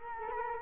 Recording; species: mosquito wingbeat signal from an infrared sensor; Culex quinquefasciatus